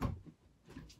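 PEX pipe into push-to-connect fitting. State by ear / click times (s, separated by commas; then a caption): not seated / none. A PEX pipe is handled at a brass SharkBite push-to-connect plumbing fitting. A low thump opens the clip, then quieter scraping and handling noises follow, with another soft knock near 0.7–0.8 s. Nothing has seated or clicked yet.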